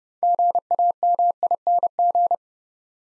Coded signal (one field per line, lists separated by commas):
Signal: Morse code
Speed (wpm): 28 wpm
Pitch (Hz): 700 Hz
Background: none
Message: GAMING